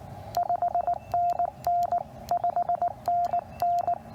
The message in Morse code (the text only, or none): 5NN 5NN